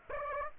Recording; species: mosquito wingbeat signal from an infrared sensor; Aedes aegypti